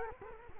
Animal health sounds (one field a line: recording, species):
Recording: mosquito wingbeat signal from an infrared sensor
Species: Culex quinquefasciatus